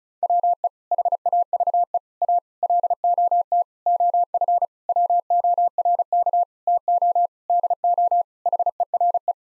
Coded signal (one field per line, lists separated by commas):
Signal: Morse code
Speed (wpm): 34 wpm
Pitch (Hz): 700 Hz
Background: none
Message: WE HAVE A LOT OF WORK TO DO HERE